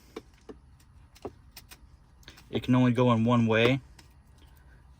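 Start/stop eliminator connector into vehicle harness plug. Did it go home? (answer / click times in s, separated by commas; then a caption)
no / none. A Citreal auto start/stop eliminator's connector end is handled and lined up against the vehicle harness plug on a Ford Maverick before being pushed home, since it only goes in one way. Light, brief handling taps sound at about 0.2, 0.5, 1.2, 1.6 and 2.3 seconds, and someone talks from about 2.6 to 3.8 seconds. Nothing has seated or clicked yet.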